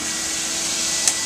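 A crevice tool is pushed into its onboard storage clip on the body of an Electrolux Epic 6500 vacuum cleaner, over a steady broadband hiss. A single sharp click at 1.1 s marks the tool snapping into place, seated in its holder.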